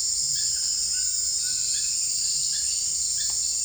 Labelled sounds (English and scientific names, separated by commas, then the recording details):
none
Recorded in dense forest near Puerto Asís, Putumayo, Colombia, on 21 December 2024 at 18:30
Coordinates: 0.484, -76.317
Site G026